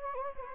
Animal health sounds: mosquito wingbeat signal from an infrared sensor; Anopheles gambiae

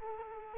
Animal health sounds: mosquito wingbeat signal from an infrared sensor; Culex quinquefasciatus

